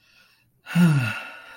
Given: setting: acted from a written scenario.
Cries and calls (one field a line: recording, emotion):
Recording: vocal sound without words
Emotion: romantic love